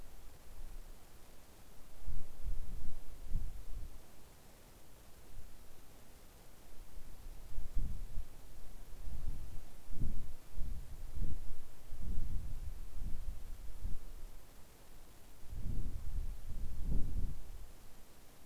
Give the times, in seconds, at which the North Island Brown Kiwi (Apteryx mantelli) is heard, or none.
none